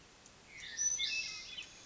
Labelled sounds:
Hermit Thrush (Catharus guttatus)

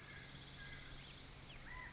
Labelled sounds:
California Quail (Callipepla californica)

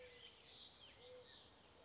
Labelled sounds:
Mourning Dove (Zenaida macroura)

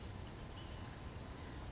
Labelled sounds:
Blue-gray Gnatcatcher (Polioptila caerulea)

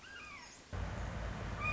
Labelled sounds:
Red-shouldered Hawk (Buteo lineatus)

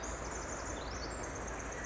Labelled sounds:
Pacific Wren (Troglodytes pacificus)

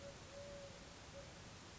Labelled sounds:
Eurasian Collared Dove (Streptopelia decaocto)

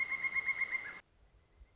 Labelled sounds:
Pileated Woodpecker (Dryocopus pileatus)

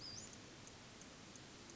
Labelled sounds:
Western Flycatcher (Empidonax difficilis)

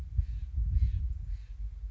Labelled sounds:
Steller's Jay (Cyanocitta stelleri)

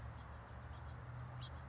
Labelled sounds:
House Finch (Haemorhous mexicanus)

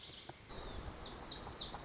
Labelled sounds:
Lazuli Bunting (Passerina amoena)

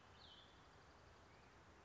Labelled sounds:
Cassin's Vireo (Vireo cassinii)

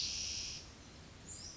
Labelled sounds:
Spotted Towhee (Pipilo maculatus)

